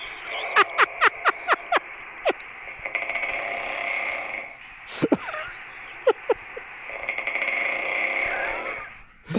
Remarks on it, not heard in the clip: At 5 a.m., it was epic. And it doesn't sound like snoring to me. It sounds like I'm about to die.